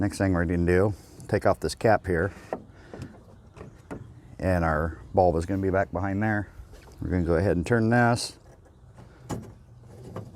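Someone talks while an HID headlight bulb in a truck headlight housing is reached from behind after the rear cap is removed and turned to unlock it for removal. The bayonet twist-lock gives a single click at 10.2 s as it releases.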